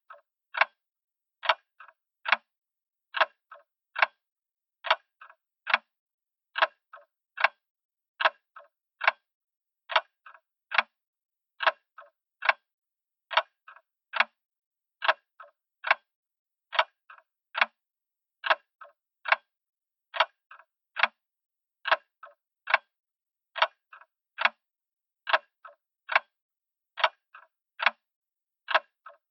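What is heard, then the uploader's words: A ticking clock, its ticks sharp and evenly spaced at roughly one per second for the whole stretch. Each click is crisp and fairly bright, with a slight alternating tick-tock character, against near silence. Ticking Clock Sound.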